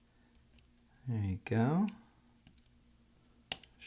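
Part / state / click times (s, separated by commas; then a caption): plastic key hinge into laptop keyboard retainer clips / seated / 3.5 s. Someone talks while a two-piece plastic key hinge for the F2 key is set into the laptop keyboard's retainer clips on a 13-inch MacBook Pro Unibody Core 2 Duo 2.26 GHz and pressed down with a finger. After a few faint ticks, a single sharp click sounds at 3.5 s as the hinge snaps into the retainer and is seated.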